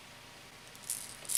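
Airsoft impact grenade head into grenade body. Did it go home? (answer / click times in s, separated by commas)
yes / 1.3 s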